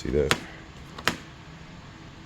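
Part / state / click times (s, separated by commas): rubber weather stripping onto trunk opening trim / seated / 1.1 s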